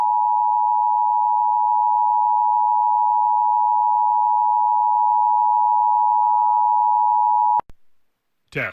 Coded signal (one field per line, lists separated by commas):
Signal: Emergency Alert System (SAME) tones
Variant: 853 and 960 Hz attention tone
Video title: Pennsylvania RMT for March 2025 [EAS #1,925-1,930]